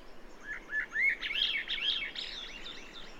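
Bird song: a lively phrase of short upslurred whistles and twitters, running on as softer high chatter.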